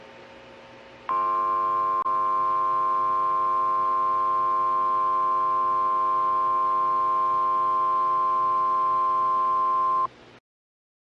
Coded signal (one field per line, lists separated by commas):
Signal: Emergency Alert System (SAME) tones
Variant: 1050 Hz attention tone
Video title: Dust Bowl in LA EAS scenario ￼